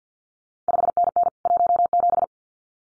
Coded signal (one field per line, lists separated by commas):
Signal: Morse code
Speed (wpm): 50 wpm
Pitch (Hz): 700 Hz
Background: none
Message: 5NN 17